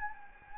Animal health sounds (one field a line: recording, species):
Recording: mosquito wingbeat signal from an infrared sensor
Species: Anopheles gambiae